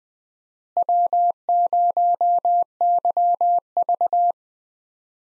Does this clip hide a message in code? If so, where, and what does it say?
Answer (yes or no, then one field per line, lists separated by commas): yes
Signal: Morse code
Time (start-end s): 0.8-4.3 s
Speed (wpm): 20 wpm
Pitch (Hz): 700 Hz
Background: none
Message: W0YV